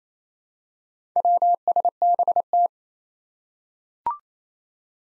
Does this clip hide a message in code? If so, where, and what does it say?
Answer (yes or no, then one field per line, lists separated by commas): yes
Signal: Morse code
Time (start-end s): 1.2-2.7 s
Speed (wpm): 27 wpm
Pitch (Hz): 700 Hz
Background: none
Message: WSBT